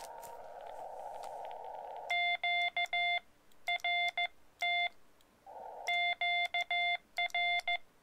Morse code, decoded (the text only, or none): QRT QR